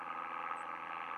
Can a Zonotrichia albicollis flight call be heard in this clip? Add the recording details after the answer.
no. Another species' flight call is heard. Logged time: 05:19 on 10 November 2014